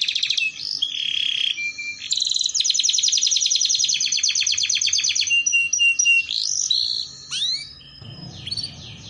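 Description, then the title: Canary song of varied tours: rapid rattling trills, flat whistled notes and rising sweeps in quick succession, ending in faint hiss. Belgian canary song played to warm up, lure and train canaries, a master song for young canaries learning to sing. "Canto Para Esquentar Canário Belga. Terapi Pancingan Suara Kenari Gacor || Masteran Kenari Paud Belajar Bunyi"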